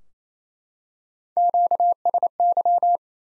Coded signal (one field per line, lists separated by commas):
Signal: Morse code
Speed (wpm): 28 wpm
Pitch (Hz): 700 Hz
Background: none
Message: QSY